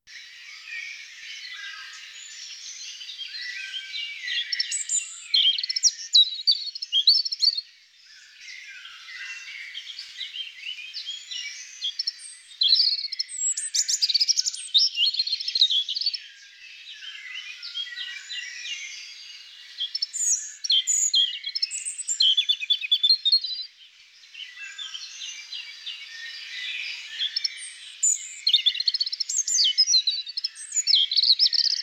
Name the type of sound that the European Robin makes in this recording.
song